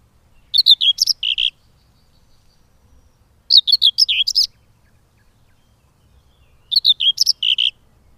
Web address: Madardalok Mezei poszáta